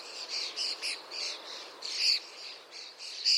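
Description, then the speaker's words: Common starling: short repeated crackling, sizzling bursts, fairly quiet. The species-specific sound, a crackling sizzle like oil hissing in a frying pan; the bird's Russian name comes from this sound. "это как раз скворчание. Он напоминает шипение на сковородке масла."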